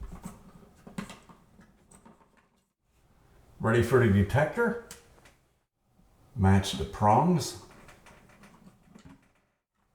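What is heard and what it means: A hardwired smoke detector is handled and lined up with its ceiling mounting plate so its prongs match, ready to be twisted until it locks. Faint rustling and small taps of handling are heard, and someone talks twice. Nothing has seated or clicked yet.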